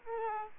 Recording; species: mosquito wingbeat signal from an infrared sensor; Aedes aegypti